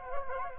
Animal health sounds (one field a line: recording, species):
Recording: mosquito wingbeat signal from an infrared sensor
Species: Culex quinquefasciatus